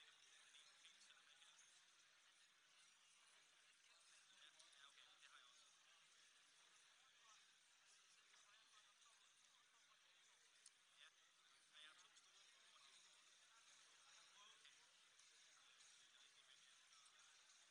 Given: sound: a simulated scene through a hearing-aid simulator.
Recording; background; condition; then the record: conversation; cafeteria (anchor of the quiet scene); -6 dB SNR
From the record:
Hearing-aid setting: anchor resembling a broken hearing aid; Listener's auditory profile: C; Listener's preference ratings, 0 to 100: 1, 1, 0